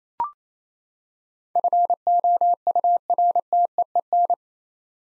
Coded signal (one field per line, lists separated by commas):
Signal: Morse code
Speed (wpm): 28 wpm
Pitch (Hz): 700 Hz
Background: none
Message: FOURTEEN